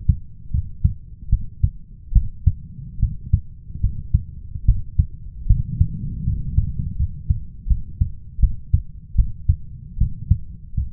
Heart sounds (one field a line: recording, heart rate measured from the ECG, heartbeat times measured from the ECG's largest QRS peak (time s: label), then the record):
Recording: heart sounds by stethoscope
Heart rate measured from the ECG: 76 bpm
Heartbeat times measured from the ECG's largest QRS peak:
0.51 s: heartbeat
1.29 s: heartbeat
2.12 s: heartbeat
2.99 s: heartbeat
3.80 s: heartbeat
4.65 s: heartbeat
5.46 s: heartbeat
6.24 s: heartbeat
6.96 s: heartbeat
7.67 s: heartbeat
8.39 s: heartbeat
9.15 s: heartbeat
9.97 s: heartbeat
10.74 s: heartbeat
From the record:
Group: healthy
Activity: cold pressor test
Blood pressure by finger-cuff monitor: 101/73 mmHg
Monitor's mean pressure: 79 mmHg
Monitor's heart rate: 76 bpm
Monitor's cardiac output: 5.5 L/min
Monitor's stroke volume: 73 mL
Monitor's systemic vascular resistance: 1040 dyn s/cm5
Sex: male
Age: 21 years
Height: 170 cm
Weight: 71 kg